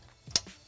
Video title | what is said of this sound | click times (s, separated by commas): How to Install a Delta® Single Handle Bathroom Faucet with Diamond Seal® Technology | i'm going to push this clip into place until i hear an audible snap sound once | 0.4 s